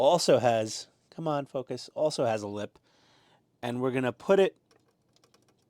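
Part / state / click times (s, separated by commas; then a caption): small lipped plastic part onto a scale model tank assembly / not seated / none. Someone talks while handling a tiny plastic part with a retaining lip for a 1/16 scale Agora Models Leopard 2A6 main battle tank kit, positioning it to be pressed over a mating part. Faint light taps follow near 5.2 and 5.3 seconds, and nothing has seated or clicked yet.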